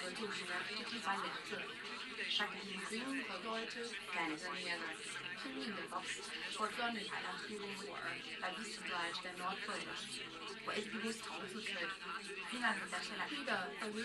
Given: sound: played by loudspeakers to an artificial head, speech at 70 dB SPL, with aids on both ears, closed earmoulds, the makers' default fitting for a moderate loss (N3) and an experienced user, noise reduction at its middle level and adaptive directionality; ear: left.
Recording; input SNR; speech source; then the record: speech test signal (ISTS) in cocktail-party noise; +3 dB; on the right (90 degrees)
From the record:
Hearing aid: class 1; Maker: E